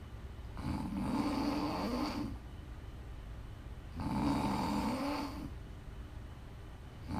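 Two loud, rumbling snores with a low, fluttering buzz rise and fall with quiet breathing between them, about 17 breaths a minute, and a third begins at the end. The pattern is ordinary steady snoring during sleep, offered as ASMR snoring to listen to for sleep, relaxation or winding down.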